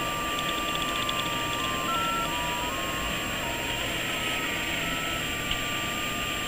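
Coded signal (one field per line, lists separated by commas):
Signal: JT65, JT9 or WSPR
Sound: a thin steady whistle that jumps between nearby pitches every few tenths of a second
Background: radio static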